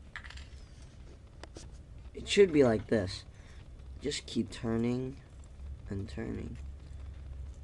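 A split metal puzzle ring is turned onto a ring chain while someone talks, with faint metallic ticks of handling near 0.2 s and 1.4 s. Nothing has snapped closed or seated yet.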